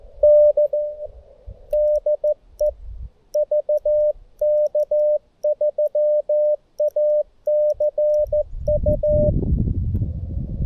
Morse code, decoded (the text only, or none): N DE VK3ACU